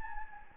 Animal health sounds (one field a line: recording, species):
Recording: mosquito wingbeat signal from an infrared sensor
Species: Anopheles gambiae